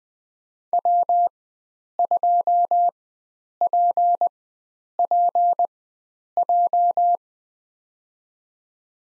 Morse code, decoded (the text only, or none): W2PPJ